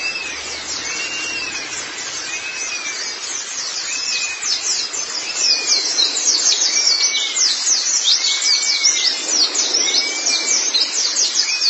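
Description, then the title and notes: White-eye twittering song, rapid high chirps that grow louder after about five seconds, with a repeated lower curved whistle. "Kicauan Burung Pleci Durasi Panjang. Suara kicauan burung pleci"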